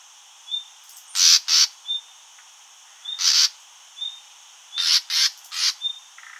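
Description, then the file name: Common nightingale mixing loud rasping bursts, often paired or tripled, with soft, thin, level whistled notes slipped between them. "Luscinia megarhynchos"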